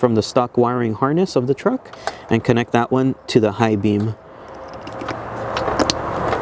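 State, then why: Seated. Someone talks while connecting the yellow connector from the stock wiring harness of a 2016+ Toyota Tacoma truck to the high beam plug of an upgraded headlight. The connector only goes in one way. After the talking, a few small clicks and handling sounds lead to a sharp click at 5.9 s as the high beam connector seats.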